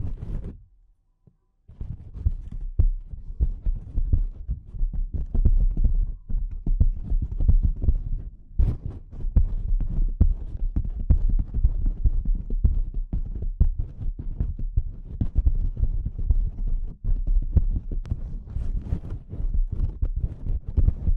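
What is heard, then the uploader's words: Delicate tapping starts after a brief near-silent opening and then runs steadily to the end. The taps come quickly and densely, mostly soft, low, muffled thuds, with the occasional sharper, brighter click standing out. ASMR Delicate Tapping (No Talking).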